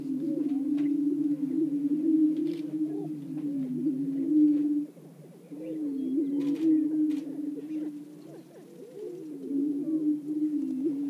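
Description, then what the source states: Greater prairie-chickens boom in long low drones broken by a brief pause, with frequent cackling whoops rising above the hum. Several greater prairie-chickens calling.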